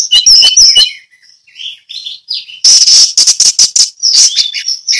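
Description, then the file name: Orange-headed thrush delivers fast clicking chatter, quieter whistled notes, then a dense, loud run of sharp high notes. Ngeplong song style. "anis merah ngeplong"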